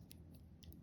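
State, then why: Not seated. A metal push-down deployant clasp on a Smiths Everest wristwatch bracelet is pressed closed the normal way with a lot of force, giving only faint short ticks at about 0.1, 0.6 and 0.7 seconds over a low background hum. The clasp has not clicked shut; it only latches when supported from underneath.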